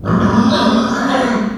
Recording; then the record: squeal of a Yucatan mini pig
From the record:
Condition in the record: after surgery on the right vocal fold (resection and tissue-engineered implant); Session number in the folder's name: 16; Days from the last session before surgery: 183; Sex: female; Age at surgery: 19 weeks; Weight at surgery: 25 kg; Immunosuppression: prednisolone